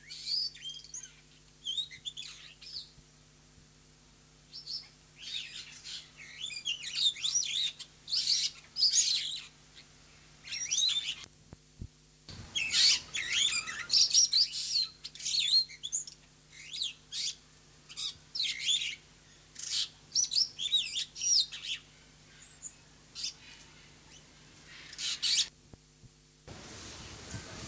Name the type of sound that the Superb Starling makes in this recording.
song